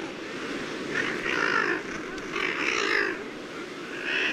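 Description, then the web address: Thick-billed murre giving rough, drawn-out growling calls in a few swelling bursts. "Songs of Birds of North America Stokes. Thick-billed Murre"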